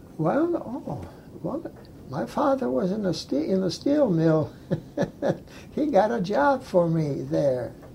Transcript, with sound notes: Well oh -- well my father was in ste -- in a steel mill. (laughs) He got a job for me there